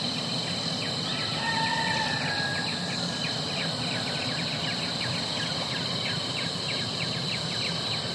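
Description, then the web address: Insects chirping in steady rapid pulsed trills over a dense, constant background hum, with a brief lower whistled note early on. Rural morning ambience in Cat Tien National Park, Vietnam. "sound effects free to use sounds. nature rural ambience birds insects roosters distant gibbons apes cat tien national park morning vietnam"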